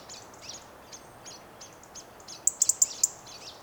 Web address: SETE Erithacus rubecula